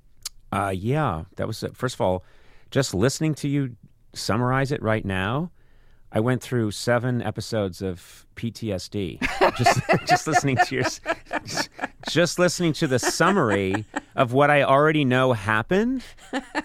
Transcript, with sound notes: Yeah. That was - first of all, just listening to you summarize it right now, I went through seven episodes of PTSD...
(Laughter).
...Just listening to your - just listening to the summary of what I already know happened,